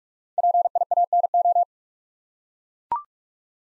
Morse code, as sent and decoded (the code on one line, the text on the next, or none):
.--. .. .- -. ---
PIANO